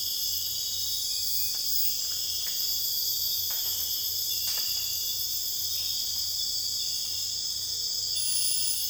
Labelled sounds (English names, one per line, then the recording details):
none
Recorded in dense forest near Puerto Asís, Putumayo, Colombia, on 26 December 2024 at 01:30
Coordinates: 0.484, -76.325
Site G056